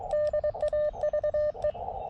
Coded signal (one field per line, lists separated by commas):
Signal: Morse code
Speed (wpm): 23 wpm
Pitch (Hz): 600 Hz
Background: radio noise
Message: DAVE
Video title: CW POTA at US 4567 with the KX2 and WRC antenna